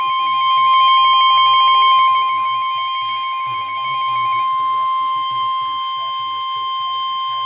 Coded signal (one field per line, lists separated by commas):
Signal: Emergency Alert System (SAME) tones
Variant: 1050 Hz attention tone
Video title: Severe Thunderstorm Warning (EAS#95)